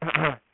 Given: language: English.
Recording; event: throat vibration sensor signal played as sound; throat clearing